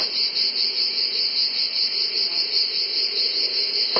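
Cicadas droning in a constant high buzz.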